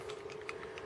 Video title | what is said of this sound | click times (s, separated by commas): Combiner Wars: MEGATRON ( Generations ) | And it just pops right in. | 0.5 s